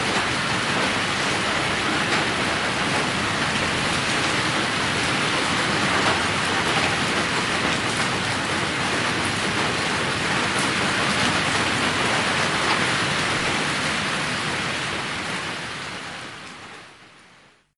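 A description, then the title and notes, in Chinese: Spring rain falls in a dense, steady hiss with faint patters throughout, holding even until it fades out over the last few seconds. 大自然的声音_春雨。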